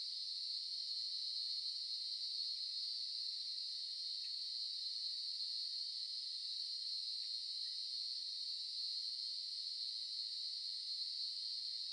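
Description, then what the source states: Cicadas droning in a steady, unbroken high-pitched buzz that holds an even level throughout, with no other sounds. Cicadas in Melbourne.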